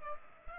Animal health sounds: mosquito wingbeat signal from an infrared sensor; Culex pipiens

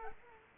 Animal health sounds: mosquito wingbeat signal from an infrared sensor; Culex quinquefasciatus

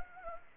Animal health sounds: mosquito wingbeat signal from an infrared sensor; Anopheles gambiae

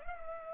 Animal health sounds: mosquito wingbeat signal from an infrared sensor; Culex pipiens

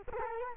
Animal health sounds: mosquito wingbeat signal from an infrared sensor; Culex quinquefasciatus

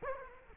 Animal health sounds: mosquito wingbeat signal from an infrared sensor; Culex quinquefasciatus

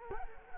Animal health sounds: mosquito wingbeat signal from an infrared sensor; Culex quinquefasciatus

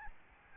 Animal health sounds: mosquito wingbeat signal from an infrared sensor; Aedes albopictus

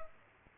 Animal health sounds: mosquito wingbeat signal from an infrared sensor; Culex pipiens

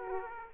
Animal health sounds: mosquito wingbeat signal from an infrared sensor; Aedes aegypti

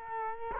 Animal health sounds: mosquito wingbeat signal from an infrared sensor; Culex quinquefasciatus

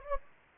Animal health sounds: mosquito wingbeat signal from an infrared sensor; Anopheles gambiae

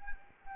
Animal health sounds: mosquito wingbeat signal from an infrared sensor; Anopheles arabiensis

